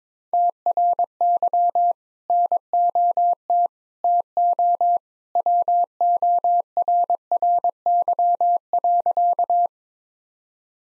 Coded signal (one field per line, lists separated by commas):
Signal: Morse code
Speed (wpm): 21 wpm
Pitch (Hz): 700 Hz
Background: none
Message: TRY NOT TO WORRY.